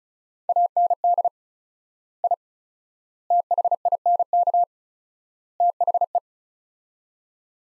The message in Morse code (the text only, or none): AND I THINK THE